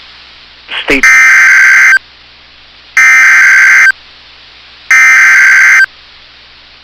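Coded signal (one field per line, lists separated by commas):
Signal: Emergency Alert System (SAME) tones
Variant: header bursts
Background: speech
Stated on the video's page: Severe thunderstorm warnings received on NOAA Weather Radio WXM99.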